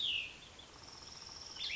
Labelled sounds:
Cassin's Vireo
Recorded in Sonoma County, California

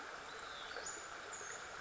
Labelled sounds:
Western Flycatcher
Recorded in Sonoma County, California

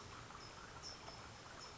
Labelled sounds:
California Towhee
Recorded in Sonoma County, California

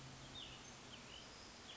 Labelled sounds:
Cassin's Vireo
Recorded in Sonoma County, California

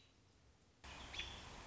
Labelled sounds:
American Robin
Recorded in Sonoma County, California

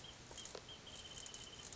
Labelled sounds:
Wrentit
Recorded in Sonoma County, California

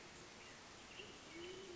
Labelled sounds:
Band-tailed Pigeon
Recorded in Sonoma County, California

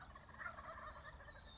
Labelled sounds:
Wild Turkey
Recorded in Sonoma County, California

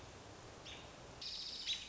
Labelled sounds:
American Robin
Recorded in Sonoma County, California

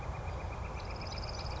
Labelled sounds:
Northern Flicker
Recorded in Sonoma County, California

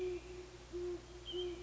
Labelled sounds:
Great Horned Owl
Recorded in Sonoma County, California

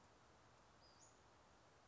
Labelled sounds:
Western Flycatcher
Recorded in Sonoma County, California

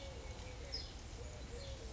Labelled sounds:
California Towhee
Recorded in Sonoma County, California

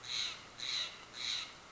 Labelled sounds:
Steller's Jay
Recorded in Sonoma County, California

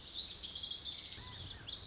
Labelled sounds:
Lazuli Bunting
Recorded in Sonoma County, California

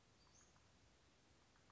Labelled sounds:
Western Flycatcher
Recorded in Sonoma County, California

